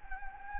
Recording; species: mosquito wingbeat signal from an infrared sensor; Anopheles gambiae